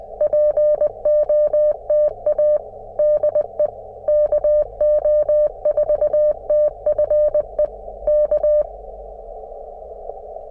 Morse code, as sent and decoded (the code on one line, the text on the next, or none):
.--. --- - .- / -.. . / -.- --- ....- - ..-. . / -.-
POTA DE KO4TFE K